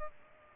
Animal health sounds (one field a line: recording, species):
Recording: mosquito wingbeat signal from an infrared sensor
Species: Culex pipiens